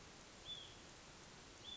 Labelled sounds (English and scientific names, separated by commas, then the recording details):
Hutton's Vireo (Vireo huttoni)
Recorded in Sonoma County, California